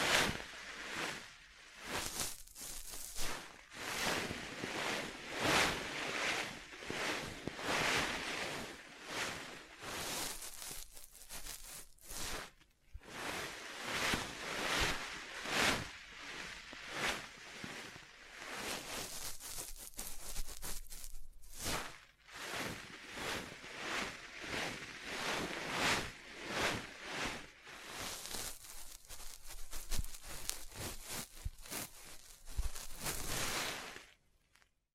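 Tapping, scratching and tracing sounds fill the recording as dense, bright bursts of rough scraping, coming in quick irregular clusters with brief pauses near 13 and 22 seconds. Some strokes are sharp taps, others longer gritty rubs that swell and fade, ending abruptly near 35 seconds.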